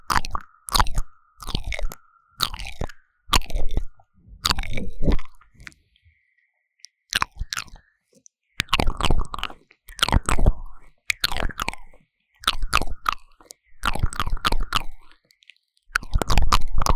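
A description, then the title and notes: Mouth sounds in short, wet bursts of chewing and crunching, each lasting about half a second to a second, with brief silences between. The rhythm is irregular, and a quieter stretch around seven to eight seconds leaves only faint clicks before the chewing resumes. 口腔音慎入!! | 3Dio Mouth Sounds | NoTalking.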